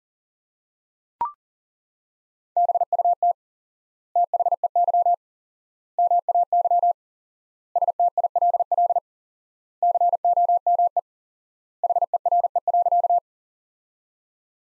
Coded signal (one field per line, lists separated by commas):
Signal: Morse code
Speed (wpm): 40 wpm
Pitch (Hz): 700 Hz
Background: none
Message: BUT THEY MAY STILL COME HERE.